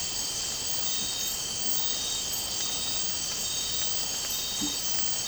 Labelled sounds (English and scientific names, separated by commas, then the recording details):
none
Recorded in dense forest near Puerto Asís, Putumayo, Colombia, on 12 March 2025 at 01:30
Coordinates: 0.467, -76.328
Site G041